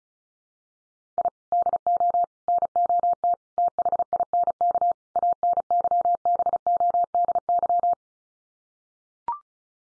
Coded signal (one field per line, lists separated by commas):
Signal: Morse code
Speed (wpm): 34 wpm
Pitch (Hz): 700 Hz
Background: none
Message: I DO NOT THINK ANYBODY